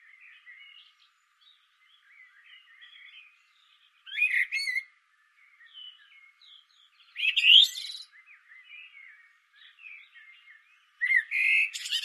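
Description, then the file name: Common blackbird song: soft, low-level warbling interrupted by three louder bursts of scratchy, high twittering. "Turdus merula"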